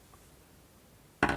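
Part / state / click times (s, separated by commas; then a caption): plug cover into plug body of a power tool cord / seated / 1.2 s. A cover is pressed onto a new mains plug on a power tool cord after the strain relief and wires are fitted. After quiet low-level noise, a sharp plastic click sounds at 1.2 s as the pin's tab snaps up and locks the cover in place, and the plug is assembled.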